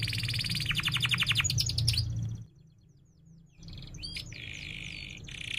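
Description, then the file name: Canary trilling rapidly for about two seconds over low rumbling background noise, then a short pause before quieter sharp chirps and a thin buzzy trill resume. Domestic canary singing actively (gacor) with chirping cuit-cuit notes and sharp rolling trills (ngerol). "Suara Kenari Gacor Cuit Cuit Ngerol Tajam"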